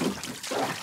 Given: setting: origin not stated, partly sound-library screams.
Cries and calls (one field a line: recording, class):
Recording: one-second piece from a danger detection set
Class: woman in danger